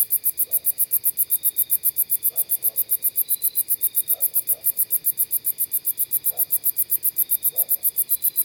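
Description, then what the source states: Sword-bearing conehead song: a steady, high-pitched ticking buzz of evenly spaced pulses, running without a break over faint low background sounds. Singing in a suburban front yard, perched about 7 feet up on a sunflower.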